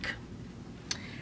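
A plastic embroidery unit is slid onto the free arm of a new Bernette deco b79 sewing and embroidery machine until it latches. A brief sound at 0.0 s is followed by a sharp, short click at 0.9 s as the unit seats into place.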